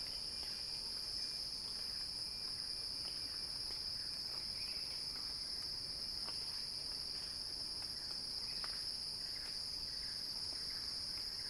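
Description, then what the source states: Steady high cicada buzzing fills the whole stretch, with faint chirps dotted below the drone. Cicada song building as a crescendo.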